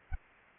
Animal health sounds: mosquito wingbeat signal from an infrared sensor; Anopheles arabiensis

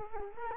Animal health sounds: mosquito wingbeat signal from an infrared sensor; Culex quinquefasciatus

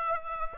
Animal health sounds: mosquito wingbeat signal from an infrared sensor; Aedes aegypti

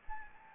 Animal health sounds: mosquito wingbeat signal from an infrared sensor; Anopheles gambiae

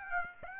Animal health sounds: mosquito wingbeat signal from an infrared sensor; Aedes aegypti

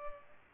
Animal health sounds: mosquito wingbeat signal from an infrared sensor; Culex pipiens

